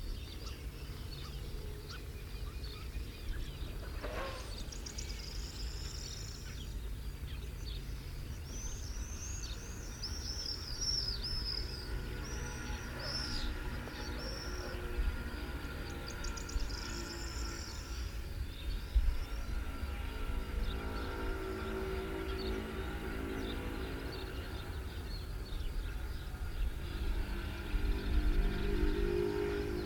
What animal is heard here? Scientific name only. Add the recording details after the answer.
Bubo bubo. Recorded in the wild. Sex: female. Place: Varna, BG. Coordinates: 43.427, 28.162. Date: 1974-06-04. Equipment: Nagra III BH, Sennheiser MD 21, parabola. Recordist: Schubert, Michael